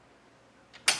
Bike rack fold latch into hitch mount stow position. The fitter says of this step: until it clicks into position, and now it's in its stowaway position.